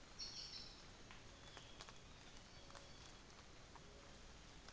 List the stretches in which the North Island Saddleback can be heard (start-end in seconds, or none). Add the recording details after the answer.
none. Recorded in New Zealand on 24 December 2018. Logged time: 09:00